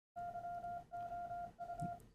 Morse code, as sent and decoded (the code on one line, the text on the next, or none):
-.-- --- ..-
YOU